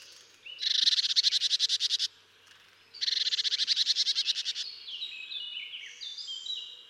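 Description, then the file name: Marsh tit calls: two loud bursts of fast, harsh, buzzy notes about a second apart, followed by thin, high chips. "Poecile palustris"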